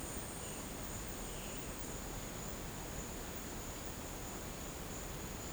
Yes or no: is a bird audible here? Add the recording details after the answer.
no. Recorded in dense forest near Puerto Asís, Putumayo, Colombia, on 19 March 2025 at 11:30. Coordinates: 0.500, -76.322. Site GP06